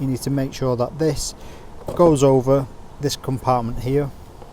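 A motorhome toilet waste cassette on a Mobilvetta K Yacht 80 is lined up so it sits over its compartment in the bay, while someone talks over faint background noise. Nothing has seated or clicked yet; the cassette is still being handled and has not locked into place.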